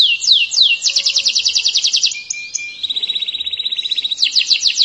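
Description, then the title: Canary song with quick downward-swept notes merging into a rapid high trill, then a lower steady rattling roll and another burst of fast sweeps. "Kenari"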